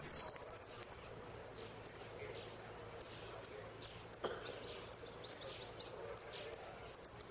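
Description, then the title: Saffron finch: a short burst of chirps, then a series of thin, very high ticks at irregular intervals. "Jilguero Argentino"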